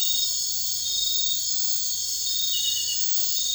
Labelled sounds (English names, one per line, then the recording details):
none
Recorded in dense forest near Puerto Asís, Putumayo, Colombia, on 21 March 2025 at 00:00
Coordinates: 0.484, -76.317
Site G064